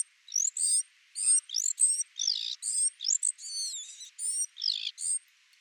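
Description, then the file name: Great tit giving a rapid series of high, sharp chattering and whistled notes, many sweeping notes bunched together in short bursts with brief pauses between them. "Parus major"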